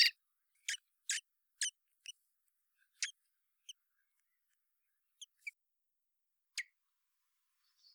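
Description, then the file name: Common blackbird call notes: sharp ticking clicks, several close together at first, then sparser and quieter single notes. "Turdus merula"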